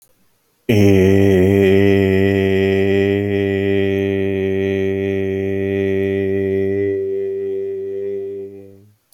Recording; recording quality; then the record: sustained vowel as in made; excellent, no background noise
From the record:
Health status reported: healthy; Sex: male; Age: 29 years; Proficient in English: yes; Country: United States